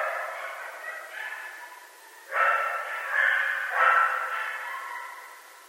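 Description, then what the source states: Coyotes giving short bursts of yips and wavering howls, a quiet start followed by several louder outbursts of overlapping calls that trail off. Several coyotes recorded on 24 March 2012.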